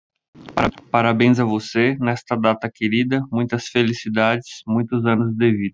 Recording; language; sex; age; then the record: short text; Brazilian Portuguese; male; 30 to 39 years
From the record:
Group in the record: control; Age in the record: 36 years